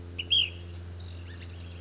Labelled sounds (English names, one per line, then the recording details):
Ash-throated Flycatcher
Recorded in Sonoma County, California